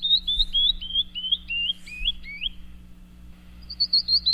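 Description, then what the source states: Canyon wren song: a cascade of clear whistled notes stepping steadily downward in pitch, ending in a few rising slurs, then a brief run of high notes after a pause. Descending, eerie call heard in western canyons; one of the most iconic western bird calls.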